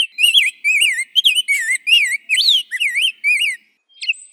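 Rose-breasted grosbeak singing a fast, sweet warble of looping whistled notes that stops abruptly, followed by a faint short note.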